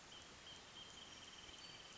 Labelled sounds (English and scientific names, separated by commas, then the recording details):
Wrentit (Chamaea fasciata)
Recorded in Sonoma County, California